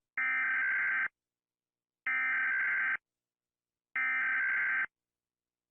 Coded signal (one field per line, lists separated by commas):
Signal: Emergency Alert System (SAME) tones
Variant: header bursts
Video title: Rating EAS alarms by how scary they are#easalert #alarm